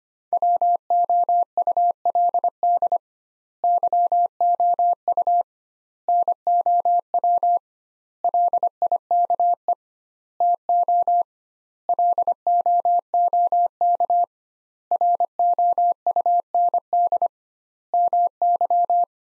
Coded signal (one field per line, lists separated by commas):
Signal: Morse code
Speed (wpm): 25 wpm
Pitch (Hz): 700 Hz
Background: none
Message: WOULD YOU NOW LIKE TO LOOK ROUND MY